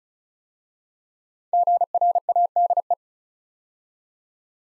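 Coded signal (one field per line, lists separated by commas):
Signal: Morse code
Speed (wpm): 33 wpm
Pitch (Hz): 700 Hz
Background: none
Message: GRADE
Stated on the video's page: Morse practice sending 5-letter words at 35 wpm, each word sent twice for head-copy training.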